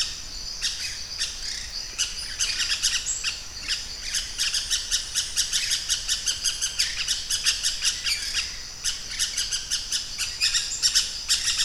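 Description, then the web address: Pyrrhura parakeet chatter, a dense run of harsh grating notes repeated rapidly and almost continuously over a constant high hiss. "parrots pyrrhura"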